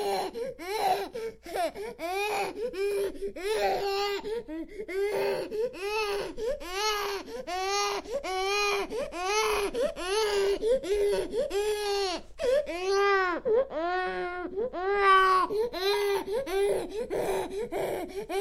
Baby Crying, Human.